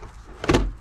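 A portable toilet cassette is rolled into its bay in the side of a WildAx Europa XL (Volt Pack) campervan, and its latch clicks at 0.4 s and 0.5 s. The clicks are followed by a short, louder rumble as the cassette seats home.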